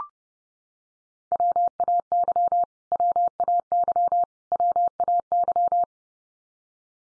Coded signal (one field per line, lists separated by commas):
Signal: Morse code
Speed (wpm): 30 wpm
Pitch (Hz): 700 Hz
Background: none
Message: WAY WAY WAY